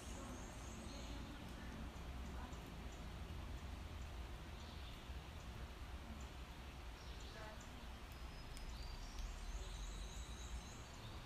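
A steady low rumble of a large truck runs through the whole clip, with dense traffic-like noise underneath. Bird chirps appear as short bright repeated notes, clearest around the start, near eight seconds, and again after nine. A few soft knocks mix in.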